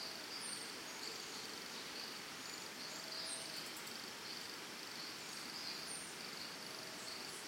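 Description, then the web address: Crickets keep up a dense, steady high trill, with brief thin bird chirps repeating over a constant hiss-like insect background. Crickets with birds in forest and jungle in Costa Rica, early morning. "Big Room Sound Birds Crickets Costa Rica"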